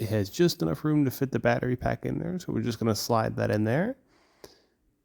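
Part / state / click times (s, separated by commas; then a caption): battery box into brick-built train car / seated / 4.4 s. Someone talks while a plastic battery box is slid into a brick-built LEGO Wild West toy train car and pushed down until it seats. After the talking stops, a single short click at 4.4 s marks the battery pack popping into place.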